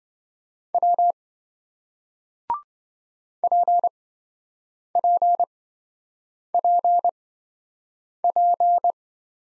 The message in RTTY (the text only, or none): none